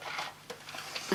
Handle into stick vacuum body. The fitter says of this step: try to show you there there you go it should click into place oh yeah again